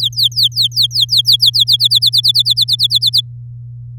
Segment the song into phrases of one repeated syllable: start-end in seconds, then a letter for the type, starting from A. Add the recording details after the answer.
0.00-1.77 A, 1.79-3.21 B. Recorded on 8 May 2018 at 13:01. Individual llb16